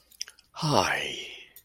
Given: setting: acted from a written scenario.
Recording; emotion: vocal sound without words; adoration